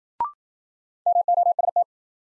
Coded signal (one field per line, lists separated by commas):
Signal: Morse code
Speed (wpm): 53 wpm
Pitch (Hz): 700 Hz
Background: none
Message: MOST